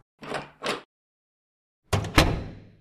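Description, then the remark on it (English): Two quick scraping bursts, a second of silence, then a door swings shut with a rattling clatter and a firm thud that fades out briefly as someone leaves. No one speaks. “Well, I wander out the door.”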